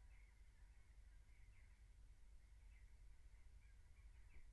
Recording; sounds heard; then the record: poultry house recording; no chicken sound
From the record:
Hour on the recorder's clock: 15